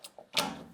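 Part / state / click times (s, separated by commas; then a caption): 3D-printed quick-release way cover onto its mating bracket / seated / 0.4 s. A 3D-printed quick-release way cover on a lathe or sanding machine is pushed onto its mating bracket, where a spring-loaded ball in a hole of the print snaps into the mating piece. Two faint ticks come first, then a loud, bright snap at 0.4 s trails off into a short ringing decay. The cover is seated and held in place by the ball detent.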